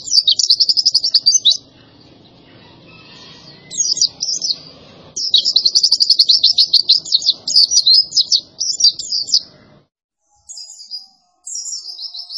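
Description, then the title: White-eye song, fast high trilled bursts of chattering notes repeated in several phrases with short pauses, faint low background noise. Masteran (training recording for cage birds) of a gacor, vigorously singing pleci, billed as the most sought-after for competition success. "Pleci Gacor 02. Masteran Burung PLECI Paling DICARI Untuk Cetak PRESTASI"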